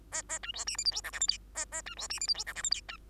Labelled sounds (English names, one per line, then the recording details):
Bengalese Finch song
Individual Bird2